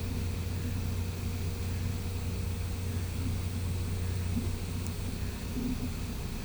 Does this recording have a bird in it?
no